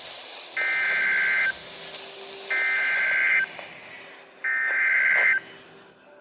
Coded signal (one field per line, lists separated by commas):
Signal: Emergency Alert System (SAME) tones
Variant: header bursts